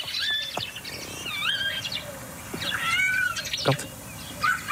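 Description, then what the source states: Common Starling giving a run of varied whistles, rising and falling slurs and brief clicks, including a nasal mewing note, in a continuous jumbled song. Starling mimicking a cat's meow, one of at least 11 imitations in about a minute of song; recorded in a village; grew up in a town or village and learned its sounds there.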